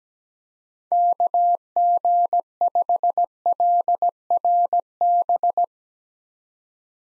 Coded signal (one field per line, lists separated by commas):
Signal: Morse code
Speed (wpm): 17 wpm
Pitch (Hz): 700 Hz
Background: none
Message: KG5LRB